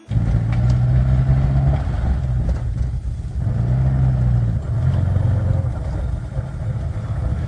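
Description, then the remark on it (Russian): In the evening, a car engine hums low and steady for several seconds as the car heads toward the outskirts, its droning tone wavering slightly as if shifting gears, with no voices over it. “Вечером его подобрал какой-то мужчина на автомобиле. И они направились на окраину, в сторону учебного хозяйства сельскохозяйственного института.”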